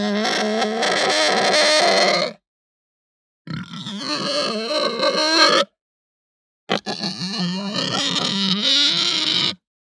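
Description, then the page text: Pig squealing: three long, harsh, raspy squeals, each lasting two to three seconds and wavering in pitch, separated by short silences. Hampshire breed pig; the squeal is described as raspy, fluctuating and long. "Hampshire Pig Squeal Raspy Fluctuate Long - Quick Sounds"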